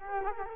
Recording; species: mosquito wingbeat signal from an infrared sensor; Culex quinquefasciatus